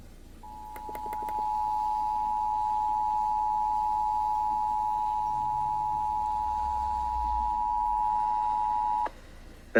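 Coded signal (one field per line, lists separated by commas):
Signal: Emergency Alert System (SAME) tones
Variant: 853 and 960 Hz attention tone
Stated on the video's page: Severe thunderstorm alert aired on KUHF 88.7 FM.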